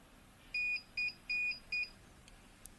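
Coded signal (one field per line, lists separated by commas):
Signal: beep code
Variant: Dahua DVR buzzer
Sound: four buzzy high beeps alternating long and short, in a small room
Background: small room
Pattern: long, short, long, short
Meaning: No Disk alarm: hard drive missing or broken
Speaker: Did you hear that? Yeah, that's the sound coming from my Dahua CCTV XVR.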